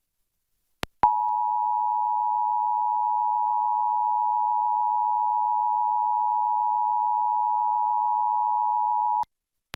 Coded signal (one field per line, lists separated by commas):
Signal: Emergency Alert System (SAME) tones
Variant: 853 and 960 Hz attention tone